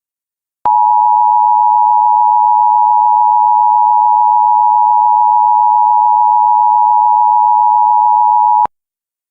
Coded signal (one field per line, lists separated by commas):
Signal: Emergency Alert System (SAME) tones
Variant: 853 and 960 Hz attention tone